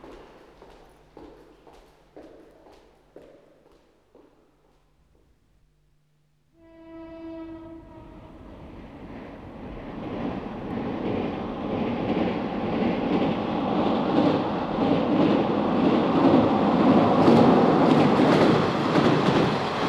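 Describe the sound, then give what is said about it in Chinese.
A train: soft rhythmic clacking, a brief pause, then a steady tonal horn blast that gives way to a broad rumbling roar growing steadily louder as the train passes, with no talking. “我买的是晚上的火车票，必须要离开病房回北京了。”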